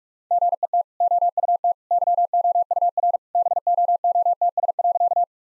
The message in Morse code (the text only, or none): GET OUT YOUR BOOTS.